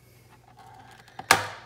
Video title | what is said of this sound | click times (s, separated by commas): Hercules Tuff Docking Station for Phones/Tablets - No More Clutter!! | a snap all right so we'll put the rest in | 1.3 s